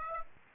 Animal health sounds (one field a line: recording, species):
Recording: mosquito wingbeat signal from an infrared sensor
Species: Aedes aegypti